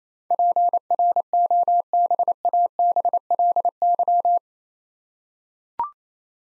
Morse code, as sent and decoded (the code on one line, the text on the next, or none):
.--. .-. --- -... .- -... .-.. -.--
PROBABLY